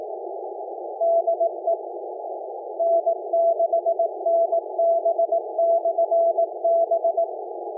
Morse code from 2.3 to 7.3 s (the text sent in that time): N6NB/B